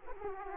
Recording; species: mosquito wingbeat signal from an infrared sensor; Aedes aegypti